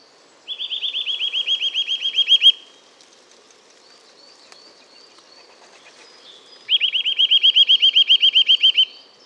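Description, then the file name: Eurasian nuthatch giving two fast, even trills of rapid piping notes, each lasting about two seconds, separated by a pause with faint high calls in between. "Sitta europaea"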